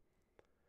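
A RAM module is pushed one end at a time into a memory slot on the motherboard of a Precision T3600 workstation. A single short, sharp click sounds at 0.4 s over faint background hiss. The first side of the module latches, while the other side has not yet been pushed in and clicked.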